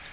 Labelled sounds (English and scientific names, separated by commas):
Magnolia Warbler (Setophaga magnolia) flight call